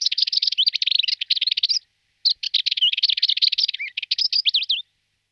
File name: Penice turecka Sylvia ruppeli